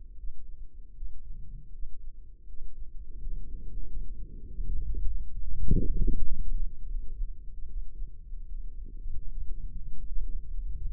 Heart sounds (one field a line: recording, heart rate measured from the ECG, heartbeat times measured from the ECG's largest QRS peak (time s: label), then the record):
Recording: heart sounds by microphone in the left ear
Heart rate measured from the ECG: 84 bpm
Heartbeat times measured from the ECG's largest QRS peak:
0.15 s: heartbeat
0.93 s: heartbeat
1.70 s: heartbeat
2.45 s: heartbeat
3.17 s: heartbeat
3.83 s: heartbeat
4.45 s: heartbeat
5.03 s: heartbeat
5.61 s: heartbeat
6.22 s: heartbeat
6.84 s: heartbeat
7.65 s: heartbeat
8.46 s: heartbeat
9.25 s: heartbeat
10.04 s: heartbeat
10.83 s: heartbeat
From the record:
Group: healthy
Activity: rest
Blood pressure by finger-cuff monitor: 124/88 mmHg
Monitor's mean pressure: 100 mmHg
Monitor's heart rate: 80 bpm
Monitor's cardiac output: 5.9 L/min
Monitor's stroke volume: 71 mL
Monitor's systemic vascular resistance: 1280 dyn s/cm5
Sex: male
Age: 21 years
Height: 180 cm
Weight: 67.5 kg